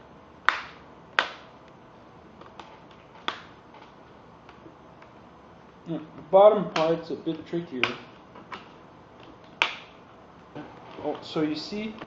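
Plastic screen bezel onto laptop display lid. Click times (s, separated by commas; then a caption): 0.5 s, 1.2 s, 3.3 s. A plastic screen bezel is pressed along its edge onto the display lid of a Lenovo G560 laptop, and its clips snap home with loud, sharp snaps at 0.5, 1.2 and 3.3 seconds. The bezel seats, and someone then talks.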